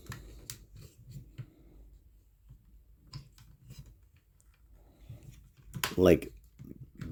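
Someone talks while lining up a plastic peg on a transforming robot toy with a hole on the combined robot body and pushing it in during combining, with faint handling ticks underneath. A sharp, loud snap at 5.8 s marks the peg seating in the hole, followed by a few quieter taps.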